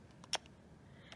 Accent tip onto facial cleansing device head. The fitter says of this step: just kind of wiggle and tug and it snaps right in so you heard that little wiggle and tug snaps